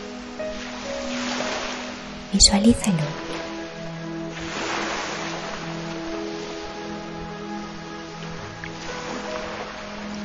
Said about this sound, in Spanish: Puedes imaginar que estás frente al mar, escuchando el relajante sonido del romper de las olas en la orilla.